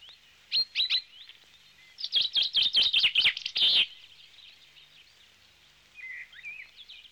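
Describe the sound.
Finch song: a few separate chirps, then a rapid burst of loud, buzzy twittering notes, trailing off into soft warbles.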